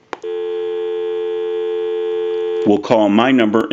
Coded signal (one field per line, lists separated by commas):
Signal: telephone call progress tone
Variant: North America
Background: speech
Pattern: dial tone